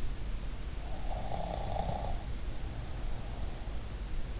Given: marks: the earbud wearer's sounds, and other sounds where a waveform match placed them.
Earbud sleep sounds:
sounds in sleep by an in-ear microphone; snoring breath
0.88-3.68 s: snoring breath

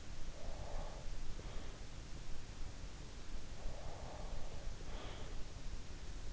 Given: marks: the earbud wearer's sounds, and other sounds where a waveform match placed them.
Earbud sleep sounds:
sounds in sleep by an in-ear microphone; breath
0.37-1.82 s: breath
3.51-5.26 s: breath

